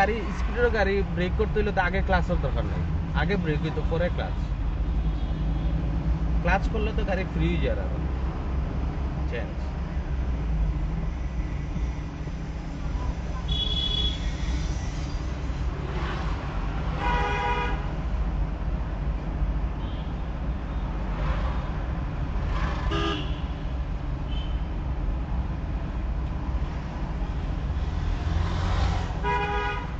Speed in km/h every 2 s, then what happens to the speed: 10, 10, 16, 18, 21, 25, 29, 28, 27, 28, 29, 30, 30, 29, 28.
2-11 speeds up to 29. 11-30 steady at about 29.